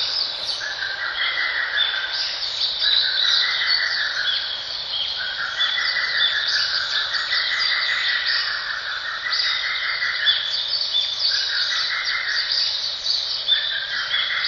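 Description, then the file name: Lesser cuckoo calls: pulsed phrases repeated in close succession over a dense, high, continuous background chorus. "ホトトギス 遠藤"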